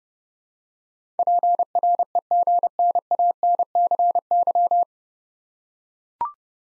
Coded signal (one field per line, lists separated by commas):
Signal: Morse code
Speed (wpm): 30 wpm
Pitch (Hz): 700 Hz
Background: none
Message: PREGNANCY